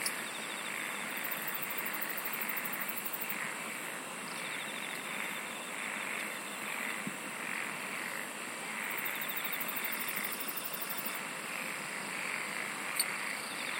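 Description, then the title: A continuous insect chorus: a high steady hum layered with pulsing trills that start and stop in long stretches. "SINGING OF INSECTS"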